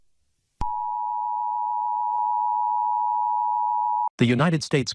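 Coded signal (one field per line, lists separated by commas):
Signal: Emergency Alert System (SAME) tones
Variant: 853 and 960 Hz attention tone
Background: speech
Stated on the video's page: Fictional zombie apocalypse EAS rendition with TTS, not a real alert.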